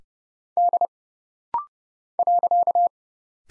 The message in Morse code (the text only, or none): D .